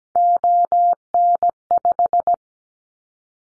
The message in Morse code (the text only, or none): ON5